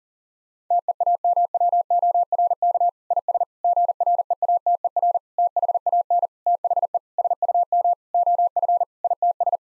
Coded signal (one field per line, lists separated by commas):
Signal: Morse code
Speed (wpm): 37 wpm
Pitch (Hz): 700 Hz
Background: none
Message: TEAMWORK IS GREATER THAN THE SUM OF ITS